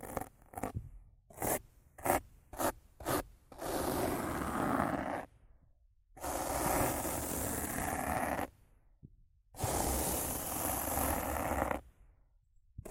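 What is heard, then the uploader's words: Rough scratching and brushing on a microphone. It opens with about six quick separate scrapes over the first three seconds, then moves into three long rasping sweeps of two to three seconds each, split by brief silences. The sound is hissy and full, with a low rumble underneath. ASMR Rough Mic Scratching & Brushing (No Talking).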